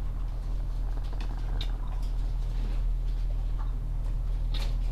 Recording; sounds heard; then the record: poultry house recording; sick chickens (respiratory disease)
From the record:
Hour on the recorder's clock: 16